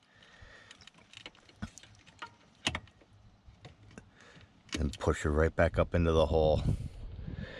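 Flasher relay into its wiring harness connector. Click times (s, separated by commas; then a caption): 2.7 s. A flasher relay from a 2013-2017 Subaru Crosstrek is plugged back into its wiring harness connector behind the dash, with a few faint ticks of handling before it. The relay seats with a sharp click at 2.7 s and a second at 2.8 s. Afterwards, someone talks.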